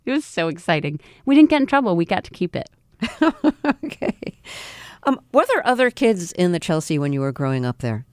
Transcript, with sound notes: It was so exciting. We didn't get in trouble. We got to keep it.
(Laughter) OK. Were there other kids in the Chelsea when you were growing up there?